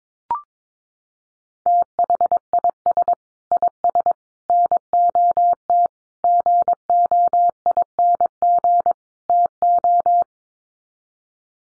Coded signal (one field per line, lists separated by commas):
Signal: Morse code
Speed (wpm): 22 wpm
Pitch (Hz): 700 Hz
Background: none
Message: THIS IS NOT GOING TO